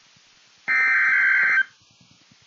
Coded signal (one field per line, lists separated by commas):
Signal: Emergency Alert System (SAME) tones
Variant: header bursts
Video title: Snow Squall Warning | EAS #409